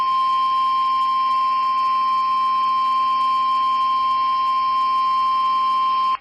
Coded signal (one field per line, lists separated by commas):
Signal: Emergency Alert System (SAME) tones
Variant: 1050 Hz attention tone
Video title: It's Wednesday And You Know What That Means |Required Weekly Tests 2/17/2021 (EAS #254-264)